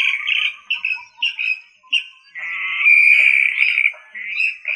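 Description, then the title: Rail uttering several short whistled notes, then a long, wavering, high whistle that fades into a few shorter notes. "LuckyFamilia RallidaeFrangoSama"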